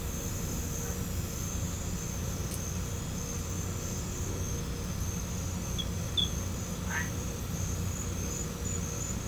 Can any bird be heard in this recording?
no